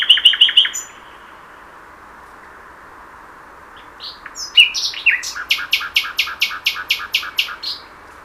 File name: Luscinia megarhynchos 100311